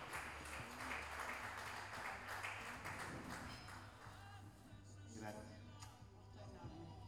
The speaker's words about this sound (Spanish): Muchas gracias. Un fuerte aplauso.